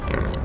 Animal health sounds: contact call of a hoofed animal; wild boar; grunt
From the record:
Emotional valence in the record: positive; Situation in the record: naturally occurring affiliative interactions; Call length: 0.45 s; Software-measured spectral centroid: 1400 Hz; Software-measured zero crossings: 920 a second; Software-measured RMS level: -24 dBFS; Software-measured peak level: -8 dBFS

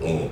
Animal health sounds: contact call of a hoofed animal; pig; closed-mouth grunt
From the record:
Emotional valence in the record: positive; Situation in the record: food and toys in familiar pen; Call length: 0.32 s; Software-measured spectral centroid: 1700 Hz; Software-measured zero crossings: 1050 a second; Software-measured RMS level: -25 dBFS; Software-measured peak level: -13 dBFS

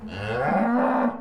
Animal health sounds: contact call of a hoofed animal; cattle; low-frequency (closed-mouth) or high-frequency (open-mouth) call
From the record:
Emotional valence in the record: negative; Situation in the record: full separation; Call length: 1.21 s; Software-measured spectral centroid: 1160 Hz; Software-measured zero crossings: 1330 a second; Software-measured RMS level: -24 dBFS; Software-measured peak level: -10 dBFS

